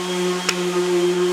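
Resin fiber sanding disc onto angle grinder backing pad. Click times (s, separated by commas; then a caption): 0.5 s. A resin fiber sanding disc, a 24 grit disc used to knock down a weld, is fitted onto an angle grinder's backing pad with its special lock nut and turned until it locks in place over a steady hum. One short, sharp click sounds at 0.5 s as the disc seats and locks like a cut-off wheel, ready to blend smoothly without divots or grooves.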